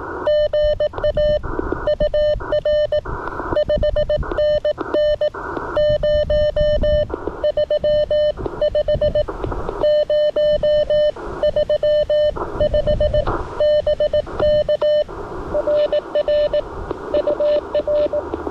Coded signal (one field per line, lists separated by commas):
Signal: Morse code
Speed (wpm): 18 wpm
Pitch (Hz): 600 Hz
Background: radio noise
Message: GA UR 5NN 035 035 BK RR UR